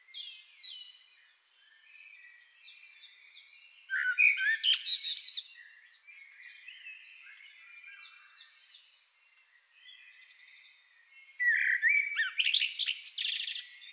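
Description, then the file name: Common blackbird sounds in two loud bursts, near four and twelve seconds, mixing low fluty notes with harsh high twittering, over steady thin high chirping. "Turdus merula"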